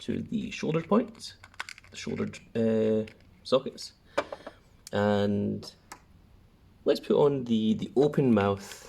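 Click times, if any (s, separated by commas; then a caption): 4.2 s. A plastic arm piece is pushed into an action figure's shoulder socket and clicks into place at 4.2 s, followed by a few softer clicks just after and another short click around 5.9 s. Someone talks throughout. The arm is seated in the socket.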